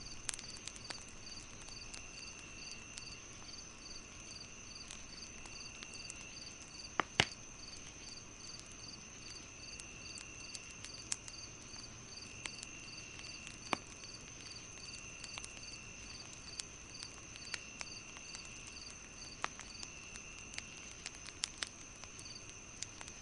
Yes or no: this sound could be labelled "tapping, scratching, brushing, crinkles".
no